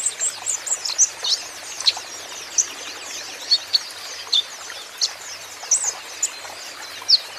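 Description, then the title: Van Hasselt's sunbird giving sharp high chips and squeaky twitters at uneven spacing, some doubled, over a steady background rush of noise. 'Ijoan' konin in full 'gacor' song, a steady song used as a lure and therapy to prompt caged konin sunbirds to answer. "KOLIBRI NINJA KONIN IJOAN GACOR PANCINGAN TERAPI KONIN NYAUT"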